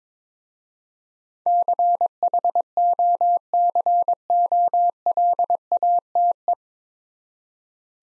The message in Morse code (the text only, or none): CHOCOLATE